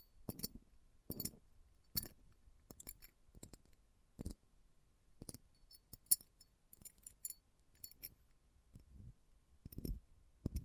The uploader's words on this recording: ASMR Close Up Metallic Sounds (No Talking).